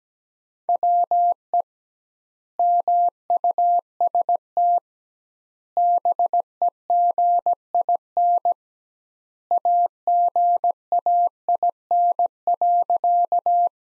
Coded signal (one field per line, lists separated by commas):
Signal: Morse code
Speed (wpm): 17 wpm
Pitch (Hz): 700 Hz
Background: none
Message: WE MUST BEGIN AGAIN.